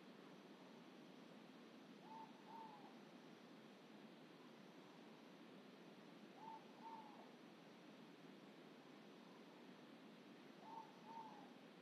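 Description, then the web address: Ivory-breasted pitta delivering three pairs of low whistles about four seconds apart, against a continuous hissing backdrop. "ULM-DS-Lab indonesian-bird-sounds. Pitta maxima"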